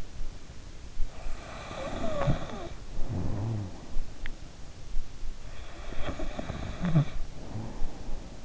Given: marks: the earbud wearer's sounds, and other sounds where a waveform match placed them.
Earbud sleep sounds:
sounds in sleep by an in-ear microphone; snoring breath, teeth grinding
1.16-4.46 s: snoring breath
2.08-2.38 s: teeth grinding
5.63-8.44 s: snoring breath

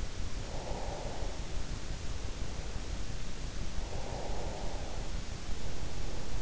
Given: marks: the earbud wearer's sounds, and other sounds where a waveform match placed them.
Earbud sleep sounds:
sounds in sleep by an in-ear microphone; breath
0.22-1.68 s: breath
3.49-5.43 s: breath

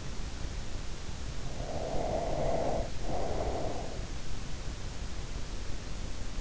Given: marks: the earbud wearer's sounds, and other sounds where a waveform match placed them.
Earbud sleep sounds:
sounds in sleep by an in-ear microphone; breath
1.45-4.12 s: breath

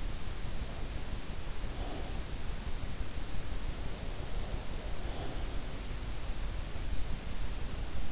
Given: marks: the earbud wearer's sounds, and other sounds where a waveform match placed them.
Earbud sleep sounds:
sounds in sleep by an in-ear microphone; breath
1.44-2.41 s: breath
4.81-5.91 s: breath

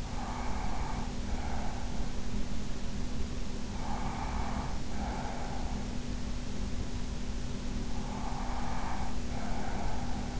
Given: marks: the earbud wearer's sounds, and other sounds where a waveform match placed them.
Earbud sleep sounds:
sounds in sleep by an in-ear microphone; breath
0.00-1.94 s: breath
3.71-5.89 s: breath
7.89-10.40 s: breath

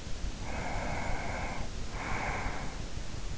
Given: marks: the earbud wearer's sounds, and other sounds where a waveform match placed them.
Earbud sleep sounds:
sounds in sleep by an in-ear microphone; breath
0.39-3.05 s: breath

